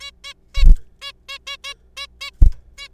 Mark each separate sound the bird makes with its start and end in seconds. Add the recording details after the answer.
0.01-0.11, 0.24-0.34, 0.55-0.64, 1.02-1.12, 1.29-1.38, 1.47-1.57, 1.64-1.74, 1.97-2.06, 2.21-2.31, 2.78-2.88. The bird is a juvenile. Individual R3428